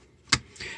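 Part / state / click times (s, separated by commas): arm of a plastic transforming figure into its shoulder tab / seated / 0.3 s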